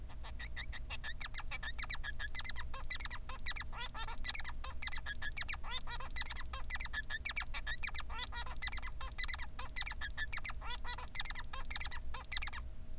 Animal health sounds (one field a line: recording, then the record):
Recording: song of a male Bengalese finch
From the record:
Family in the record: son of father 3